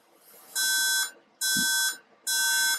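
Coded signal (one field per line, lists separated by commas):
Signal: beep code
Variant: Apple Mac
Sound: three loud steady beeps, each half a second, with short gaps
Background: small room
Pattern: 3 long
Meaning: Three beeps mean the installed memory is incorrect or unsupported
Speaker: you hear three beeps those three beeps signify that the memory is incorrect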